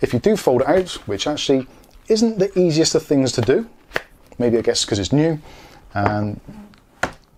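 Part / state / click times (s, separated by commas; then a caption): fold-out section of a keyboard wrist rest locking open / seated / 7.0 s. Someone talks while folding out the stiff flip-out section, which holds the magnets, on the magnetic wrist rest of a Thermaltake Argent RGB K5 Cherry MX Silver gaming keyboard. At 7.0 s a single sharp click is heard as the section locks open into place, making the wrist rest more secure.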